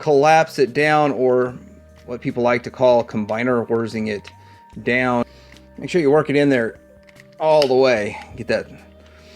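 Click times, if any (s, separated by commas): none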